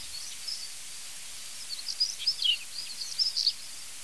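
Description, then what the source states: European stonechat song: thin, high, scratchy twittering notes in short bursts that grow busier toward the end, over a steady hiss. At least two, probably three stonechats singing a delicate, silvery song in the morning in front of a field.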